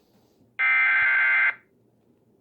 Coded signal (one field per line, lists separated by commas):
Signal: Emergency Alert System (SAME) tones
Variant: header bursts